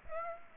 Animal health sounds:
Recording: mosquito wingbeat signal from an infrared sensor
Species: Aedes aegypti

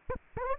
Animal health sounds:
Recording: mosquito wingbeat signal from an infrared sensor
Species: Aedes aegypti

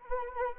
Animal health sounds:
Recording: mosquito wingbeat signal from an infrared sensor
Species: Anopheles arabiensis

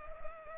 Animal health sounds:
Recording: mosquito wingbeat signal from an infrared sensor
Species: Culex pipiens

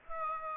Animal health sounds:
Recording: mosquito wingbeat signal from an infrared sensor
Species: Aedes aegypti

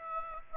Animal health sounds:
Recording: mosquito wingbeat signal from an infrared sensor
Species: Aedes aegypti

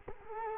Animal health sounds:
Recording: mosquito wingbeat signal from an infrared sensor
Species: Culex quinquefasciatus

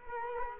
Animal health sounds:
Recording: mosquito wingbeat signal from an infrared sensor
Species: Culex quinquefasciatus

